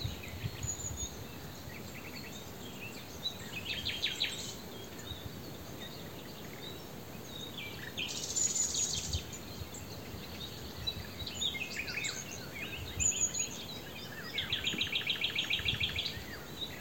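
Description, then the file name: Common nightingale song in varied bursts: scattered chirps, a dense buzzy phrase midway, and a closing run of rapid repeated notes, with steady low background noise. "Luscinia megarhynchos"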